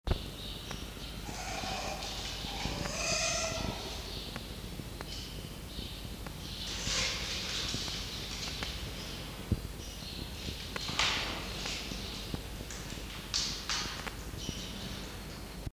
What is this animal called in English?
Red Fox